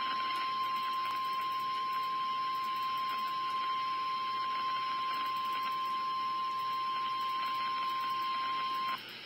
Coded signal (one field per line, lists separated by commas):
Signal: Emergency Alert System (SAME) tones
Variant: 1050 Hz attention tone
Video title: REAL EAS 904-Severe thunderstorm warning